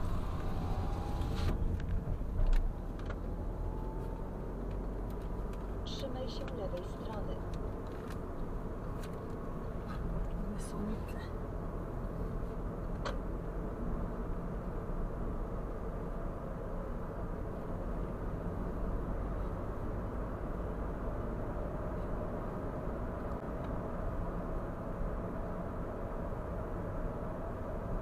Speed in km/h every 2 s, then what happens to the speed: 29, 33, 39, 43, 44, 44, 47, 49, 50, 52, 55, 59, 60, 59.
0-23 speeds up to 60.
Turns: none.